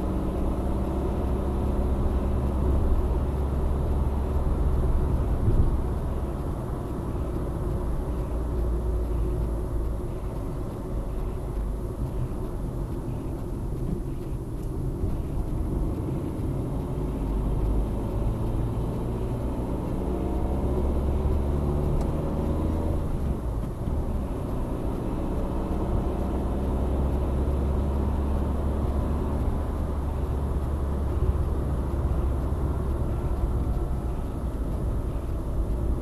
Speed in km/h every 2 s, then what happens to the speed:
65, 69, 69, 66, 60, 55, 48, 40, 42, 51, 57, 63, 66, 73, 78, 74, 70, 68.
0-5 steady at about 69. 5-13 brakes to 40. 15-27 speeds up to 78. 30-36 slows to 68.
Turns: none.